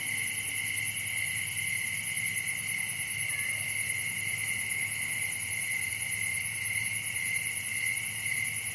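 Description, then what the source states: Cricket: a steady chorus of crickets, dense high pulsed trills at several pitches, with a faint low rumble in the background. Crickets, recorded at night in summer in a wooded area of Dell Creek State Wildlife Area.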